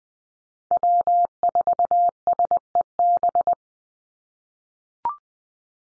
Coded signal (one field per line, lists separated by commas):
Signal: Morse code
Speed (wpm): 20 wpm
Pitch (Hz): 700 Hz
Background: none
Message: W4SEB